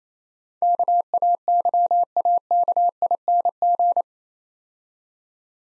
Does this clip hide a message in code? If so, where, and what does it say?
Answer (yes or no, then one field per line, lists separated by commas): yes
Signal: Morse code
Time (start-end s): 0.6-4.0 s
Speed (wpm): 28 wpm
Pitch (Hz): 700 Hz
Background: none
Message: KAYAKING